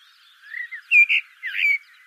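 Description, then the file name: Common blackbird song: one brief phrase of rich, slurred whistles, rising and falling, lasting about a second. "Turdus merula"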